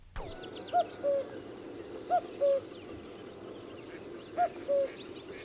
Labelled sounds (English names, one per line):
Common Cuckoo call